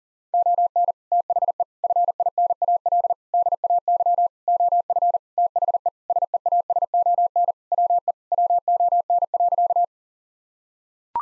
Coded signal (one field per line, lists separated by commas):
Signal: Morse code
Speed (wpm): 40 wpm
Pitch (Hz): 700 Hz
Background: none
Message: ON THE FINAL DAY OF THE SEASON WE WON.